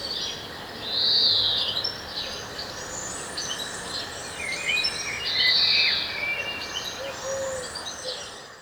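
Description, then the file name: European greenfinch producing two slurred, buzzy wheezes about four seconds apart, with scattered chirps and twitters of other birds throughout. "Chloris chloris"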